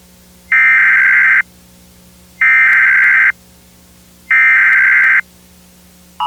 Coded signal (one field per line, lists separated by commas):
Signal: Emergency Alert System (SAME) tones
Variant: header bursts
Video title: EAS Scenario #4: World War III (Part 2)